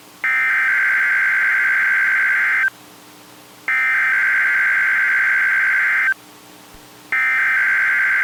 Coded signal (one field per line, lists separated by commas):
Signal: Emergency Alert System (SAME) tones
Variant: header bursts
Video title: Coastal Flooding, Gales, & FOG | 9/10-23/25 (EAS #1,731-33)